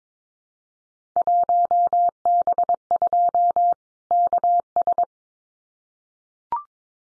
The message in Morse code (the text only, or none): 1B2 KS